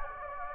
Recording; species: mosquito wingbeat signal from an infrared sensor; Anopheles gambiae